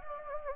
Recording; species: mosquito wingbeat signal from an infrared sensor; Anopheles gambiae